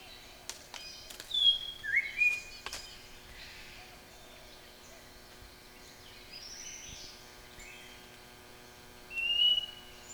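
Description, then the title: White-rumped shama song: a few sharp clicks, then a burst of whistled notes, soft warbling in the middle, and a final high whistle. Nationally champion-level bird; masteran used to train pet songbirds to sing. "Suara Murai Batu Juara Nasional"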